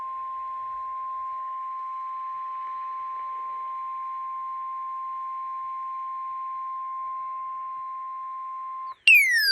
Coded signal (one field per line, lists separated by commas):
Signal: Emergency Alert System (SAME) tones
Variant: 1050 Hz attention tone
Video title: Flash Flood Warnings (EAS #1911-1912)